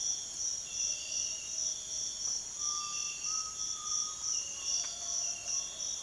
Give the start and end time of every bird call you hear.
[2.56, 6.02] bird call (0.6-2.0 kHz)

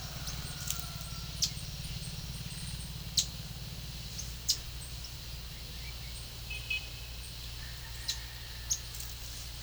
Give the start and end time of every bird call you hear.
[1.41, 1.50] bird call (2.5-8.3 kHz)
[3.18, 3.33] bird call (2.9-8.8 kHz)
[4.43, 4.63] bird call (2.2-8.9 kHz)
[6.51, 6.90] bird call (1.4-3.8 kHz)
[8.00, 8.19] bird call (2.5-8.0 kHz)
[8.68, 8.81] bird call (3.5-7.2 kHz)

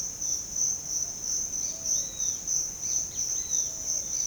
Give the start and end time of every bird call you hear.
[1.84, 3.74] bird call (1.8-5.5 kHz)

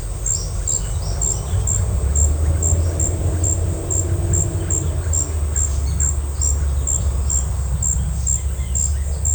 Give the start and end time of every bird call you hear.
[0.14, 1.91] bird call (3.4-6.2 kHz)
[5.09, 9.34] bird call (1.8-6.3 kHz)

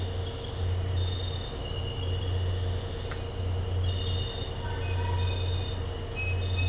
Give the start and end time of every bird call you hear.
[4.63, 5.39] bird call (0.4-2.4 kHz)

